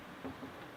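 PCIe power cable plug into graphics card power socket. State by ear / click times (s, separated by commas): not seated / none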